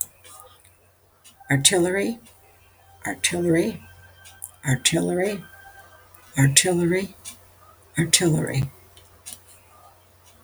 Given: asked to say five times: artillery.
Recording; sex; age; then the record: repeated word; female; 70 to 79 years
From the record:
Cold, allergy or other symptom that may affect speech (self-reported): no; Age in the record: 77 years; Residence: United States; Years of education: 12